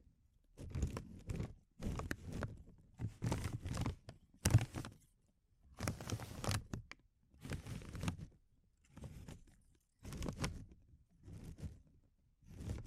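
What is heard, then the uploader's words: Crinkling sounds come in short bursts roughly every second, each a dense crackly rustle lasting about half a second with quiet gaps between. The bursts are full, weighted low with a crisp upper edge, and one sharper tap lands near four and a half seconds. ASMR Sensitive Crinkles (No Talking).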